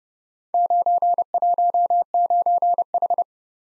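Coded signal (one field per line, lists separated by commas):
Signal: Morse code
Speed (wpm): 30 wpm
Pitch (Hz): 700 Hz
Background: none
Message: 919H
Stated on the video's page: Head-copy drill of random four-character letter-number groups at 30 wpm; each group sent in Morse, then spoken, then sent again in Morse.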